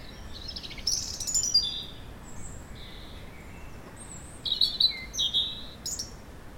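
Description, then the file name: European robin giving high, varied phrases of sharp notes and drawn-out thin whistles, a busy burst early, then a quieter stretch and another flurry near the end. "Erithacus rubecula"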